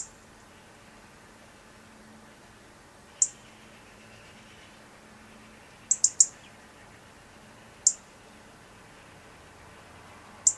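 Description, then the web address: European robin giving sparse, isolated high ticks, a single note or a quick cluster every few seconds, with long quiet gaps. "SETE Erithacus rubecula"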